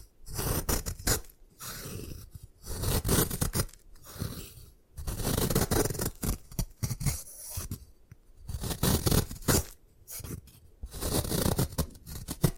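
Gym chalk being crushed and scraped at close range, with dense, gritty crunching bursts that come in uneven strokes every second or so. Short silent gaps separate the strokes, and the scraping sounds bright and dry, as if in a small room.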